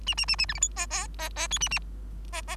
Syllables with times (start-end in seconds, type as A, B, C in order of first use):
0.06-0.14 A, 0.17-0.26 A, 0.28-0.36 A, 0.38-0.46 A, 0.48-0.54 B, 0.54-0.60 C, 0.61-0.69 D, 0.76-0.86 E, 0.90-1.07 E, 1.18-1.29 E, 1.36-1.48 E, 1.50-1.58 F, 1.60-1.69 A, 1.71-1.79 A